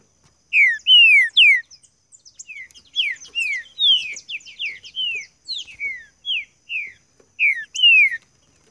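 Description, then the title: Green-winged saltator song: loud, rich whistled notes that slur downward, repeated rapidly in varied phrases with some quieter chips between them. Song used to warm up a competition bird; described as chirping, singing and 'macheando' (male-style singing) in contest. "Esse É PERFEITO Para ESQUENTAR Seu TRINCA Piando, Cantando E Macheando Na DISPUTA. TRINCA FERRO CANTANDO MUITO PARA ESQUENTAR TRINCA FERRO"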